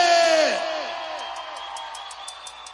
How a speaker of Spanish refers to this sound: vamos a brindarle un grito bien fuerte para mi hermano Cecilio